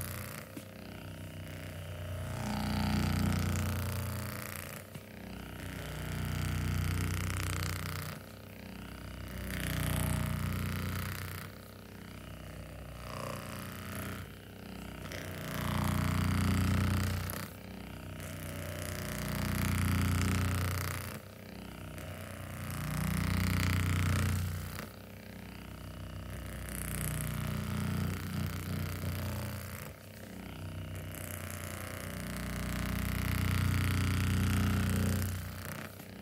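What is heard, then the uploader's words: A body massager hums low, its motor buzz swelling and easing in a steady cycle roughly every five seconds throughout. Spa full body massage with massager.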